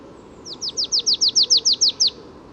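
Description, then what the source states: Marsh Tit song, a fast even series of about eleven high, downslurred notes lasting under two seconds, over a quiet background. Spring morning; third marsh tit heard that morning; resident birds, well fed at feeders, sing as soon as mild weather arrives.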